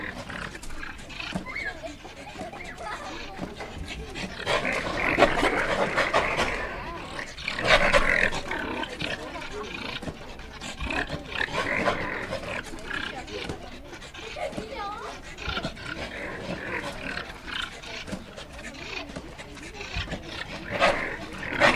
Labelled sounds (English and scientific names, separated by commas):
Wolverine (Gulo gulo) call